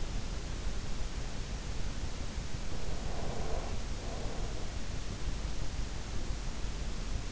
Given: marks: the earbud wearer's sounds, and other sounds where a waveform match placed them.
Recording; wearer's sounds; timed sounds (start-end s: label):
sounds in sleep by an in-ear microphone; breath
2.98-4.76 s: breath